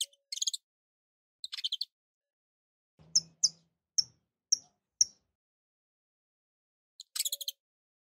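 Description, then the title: Domestic canary song in short bursts: quick buzzy chirp series, then single sharp high notes spaced about half a second apart, then another chirp burst. Portuguese canary breed. "Kenari Portugis"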